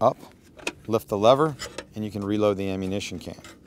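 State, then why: Not seated. Someone talks while the lever on the ammunition can holder of a PKM machine gun mount is lifted so the ammunition can can be reloaded in place without removing it. The can's lid or lever has not latched closed yet, and nothing has clicked.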